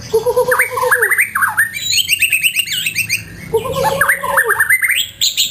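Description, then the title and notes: White-rumped shama song: a low rolling trill leading into climbing, slurred whistles, the whole phrase given twice. Caged-bird training (masteran) song of the White-rumped shama. "Suara Kicau Burung Murai Batu. burung murai buat masteran"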